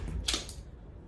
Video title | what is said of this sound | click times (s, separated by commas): Anti Syphon Installation Demo | that's now locked in that system cannot you can turn it all you like and it will never ever come out | 0.3 s, 0.5 s